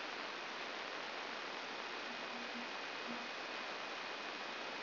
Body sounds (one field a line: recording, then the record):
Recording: brain microelectrode recording played as sound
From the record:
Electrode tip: outside the subthalamic nucleus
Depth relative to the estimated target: 3 mm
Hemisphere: left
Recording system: AlphaMap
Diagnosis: Parkinson's disease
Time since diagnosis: 11 years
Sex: female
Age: 62 years